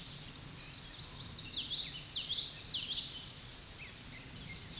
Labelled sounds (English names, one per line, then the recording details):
Common Yellowthroat song
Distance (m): 20 m
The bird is about 5 m above the microphone
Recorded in a Pennsylvania forest on 16 May 2024 at 08:04
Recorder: AudioMoth, point MSD-1418
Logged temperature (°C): 16.4 °C
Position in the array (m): 228 m, 181 m